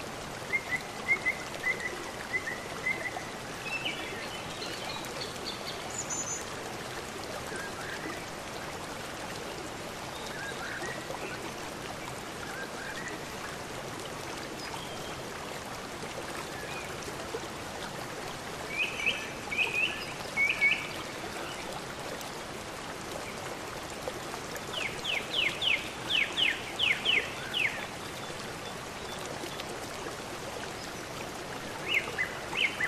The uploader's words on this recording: Calming birds by a brook sound.